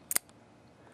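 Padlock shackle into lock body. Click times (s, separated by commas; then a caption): 0.1 s, 0.2 s. A vintage US mail padlock's shackle is pushed shut into the lock body, and it seats with two sharp metallic clicks at 0.1 s and 0.2 s. The gearing inside lets it shut. A faint tick follows at 0.3 s before the clip goes quiet.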